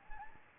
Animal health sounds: mosquito wingbeat signal from an infrared sensor; Anopheles gambiae

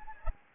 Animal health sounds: mosquito wingbeat signal from an infrared sensor; Anopheles gambiae

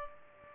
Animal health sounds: mosquito wingbeat signal from an infrared sensor; Aedes aegypti

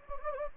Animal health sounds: mosquito wingbeat signal from an infrared sensor; Anopheles gambiae

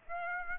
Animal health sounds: mosquito wingbeat signal from an infrared sensor; Aedes aegypti

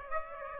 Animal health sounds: mosquito wingbeat signal from an infrared sensor; Aedes aegypti

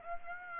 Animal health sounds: mosquito wingbeat signal from an infrared sensor; Aedes aegypti

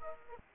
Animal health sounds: mosquito wingbeat signal from an infrared sensor; Aedes aegypti

